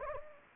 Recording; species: mosquito wingbeat signal from an infrared sensor; Anopheles gambiae